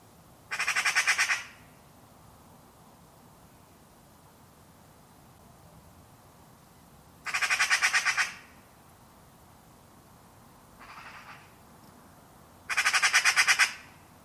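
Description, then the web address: Bird giving harsh, buzzy squawks, each about a second long: three loud bursts spaced several seconds apart, with a fainter one between the last two. "Deverinetal 2025 File origin Bird Only"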